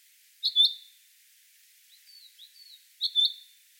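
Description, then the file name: Common chaffinch: two sharp, high doubled call notes with a few soft, thin sliding notes between them. "Fringilla coelebs"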